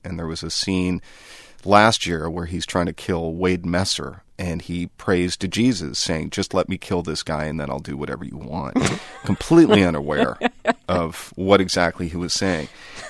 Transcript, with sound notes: And there was a scene last year where he's trying to kill Wade Messer, and he prays to Jesus saying, just let me kill this guy and then I'll do whatever you want...
(Laughter).
...Completely unaware of what exactly he was saying.